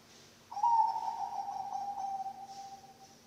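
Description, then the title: Zebra dove song: one sustained, finely trilled cooing phrase that starts loud and slowly softens over about two and a half seconds, with a low background hum. Bangkok-type zebra dove song, recorded for training other birds (masteran) and for luring (pancingan). "mster Mnuk. SUARA OCEHAN BURUNG PERKUTUT BANGKOK Untuk MASTERAN dan PANCINGAN"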